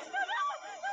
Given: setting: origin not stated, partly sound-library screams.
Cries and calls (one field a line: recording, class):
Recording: one-second piece from a danger detection set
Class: woman in danger